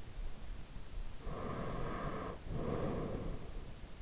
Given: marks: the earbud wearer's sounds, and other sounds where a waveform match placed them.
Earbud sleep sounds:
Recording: sounds in sleep by an in-ear microphone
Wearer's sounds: breath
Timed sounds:
1.06-3.48 s: breath

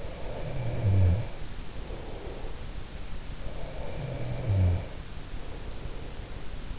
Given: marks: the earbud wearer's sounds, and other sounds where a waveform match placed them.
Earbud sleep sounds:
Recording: sounds in sleep by an in-ear microphone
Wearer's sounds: snoring breath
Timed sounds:
0.00-2.87 s: snoring breath
3.53-6.59 s: snoring breath

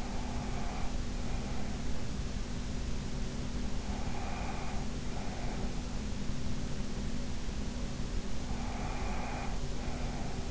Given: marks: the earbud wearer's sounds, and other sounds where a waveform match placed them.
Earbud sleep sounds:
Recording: sounds in sleep by an in-ear microphone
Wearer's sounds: breath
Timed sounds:
0.00-1.82 s: breath
3.82-5.79 s: breath
8.39-10.51 s: breath

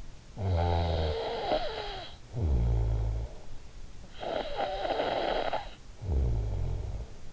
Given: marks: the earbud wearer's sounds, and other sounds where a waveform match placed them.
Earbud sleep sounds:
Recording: sounds in sleep by an in-ear microphone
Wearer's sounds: snoring breath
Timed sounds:
0.22-3.74 s: snoring breath
4.00-7.33 s: snoring breath

